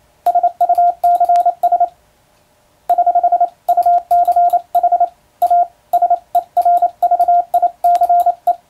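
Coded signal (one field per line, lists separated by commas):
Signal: Morse code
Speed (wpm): 28 wpm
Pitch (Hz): 700 Hz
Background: radio noise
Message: SUCS <HH> UCH A SERVICE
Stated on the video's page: Morse code sent with an electronic keyer, in-the-clear telegram sending practice.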